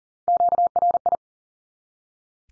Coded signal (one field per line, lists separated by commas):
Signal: Morse code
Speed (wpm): 40 wpm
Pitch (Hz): 700 Hz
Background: none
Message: QRI